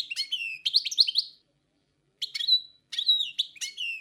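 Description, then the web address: Song thrush giving short whistled phrases with repeated notes, separated by brief pauses. Forest songbird. "Pevchie pticy lesa - Pevchij drozd"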